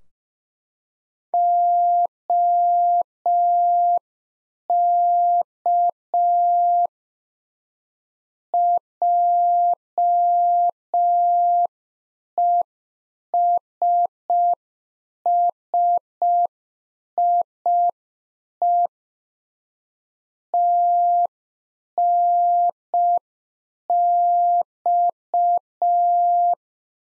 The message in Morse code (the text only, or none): OK JESSIE TNX